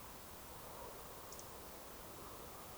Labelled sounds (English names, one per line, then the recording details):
Eurasian Woodcock whistle
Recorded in Baden-Württemberg, Germany, on 12 June 2020 at 20:23 UTC
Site 43791, 788 m above sea level